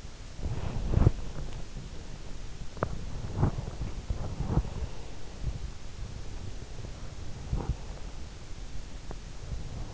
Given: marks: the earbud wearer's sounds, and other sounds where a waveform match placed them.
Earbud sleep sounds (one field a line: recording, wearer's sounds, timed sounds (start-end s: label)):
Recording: sounds in sleep by an in-ear microphone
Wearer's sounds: body movement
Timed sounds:
0.00-1.51 s: body movement